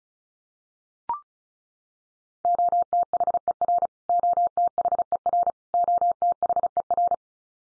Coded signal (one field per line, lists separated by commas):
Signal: Morse code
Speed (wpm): 34 wpm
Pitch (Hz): 700 Hz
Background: none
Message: OTHER OTHER OTHER